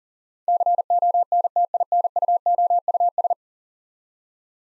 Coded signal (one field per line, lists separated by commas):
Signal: Morse code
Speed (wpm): 40 wpm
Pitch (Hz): 700 Hz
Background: none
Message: CONTINUOUS